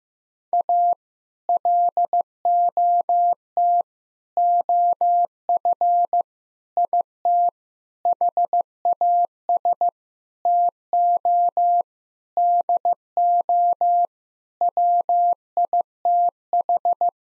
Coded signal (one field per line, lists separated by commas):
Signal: Morse code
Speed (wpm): 15 wpm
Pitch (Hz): 700 Hz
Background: none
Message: A LOT OF IT HAS TO DO WITH